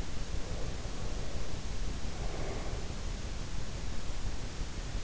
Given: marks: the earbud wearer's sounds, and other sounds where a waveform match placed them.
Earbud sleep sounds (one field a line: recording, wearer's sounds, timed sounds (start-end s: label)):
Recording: sounds in sleep by an in-ear microphone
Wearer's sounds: breath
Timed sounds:
0.00-3.00 s: breath